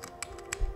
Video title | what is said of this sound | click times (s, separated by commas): 3D Printed Lens Adapter on a Sony a6500 | twist it in you hear it click into place and that's locked securely in place | 0.5 s